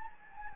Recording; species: mosquito wingbeat signal from an infrared sensor; Anopheles gambiae